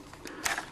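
The latch on a compact camera's battery compartment is pushed across and the plastic door slides open to swap AA batteries. Faint taps and rubbing lead up to the strongest sharp click at 0.5 s as the latch lets go, followed by a softer tap as the door opens. The door is released.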